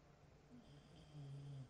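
A low, rumbling snore from a bulldog asleep at home, with a louder, steadier buzzing stretch near the end of the breath. Ordinary snoring from a short-nosed dog in a quiet room.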